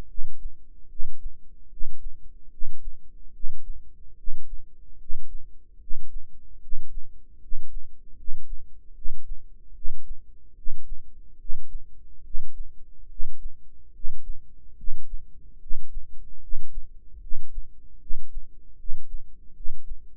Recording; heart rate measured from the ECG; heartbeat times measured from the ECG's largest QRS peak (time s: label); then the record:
heart sounds by microphone in the right ear; 74 bpm
0.06 s: heartbeat
0.87 s: heartbeat
1.68 s: heartbeat
2.49 s: heartbeat
3.31 s: heartbeat
4.15 s: heartbeat
4.97 s: heartbeat
5.78 s: heartbeat
6.59 s: heartbeat
7.39 s: heartbeat
8.15 s: heartbeat
8.93 s: heartbeat
9.72 s: heartbeat
10.54 s: heartbeat
11.37 s: heartbeat
12.22 s: heartbeat
13.07 s: heartbeat
13.91 s: heartbeat
14.75 s: heartbeat
15.58 s: heartbeat
16.39 s: heartbeat
17.19 s: heartbeat
17.98 s: heartbeat
18.76 s: heartbeat
19.52 s: heartbeat
From the record:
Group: healthy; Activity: rest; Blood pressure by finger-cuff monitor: 112/70 mmHg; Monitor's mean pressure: 80 mmHg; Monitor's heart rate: 74 bpm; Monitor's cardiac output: 7.1 L/min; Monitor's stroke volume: 96 mL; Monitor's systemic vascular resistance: 840 dyn s/cm5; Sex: male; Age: 35 years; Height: 180 cm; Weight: 86.9 kg